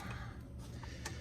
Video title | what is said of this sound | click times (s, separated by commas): The Chinese Variation - Variac Repair - Part 2 | Back it off, heard the snap. | 1.1 s